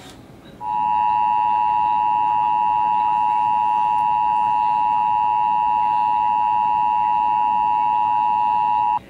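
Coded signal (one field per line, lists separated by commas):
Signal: Emergency Alert System (SAME) tones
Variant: 853 and 960 Hz attention tone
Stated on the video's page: Closed-circuit test of an Emergency Action Notification received and relayed by EAS encoder/decoders, demonstrating the national test.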